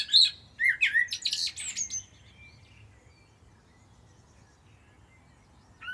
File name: Turdus merula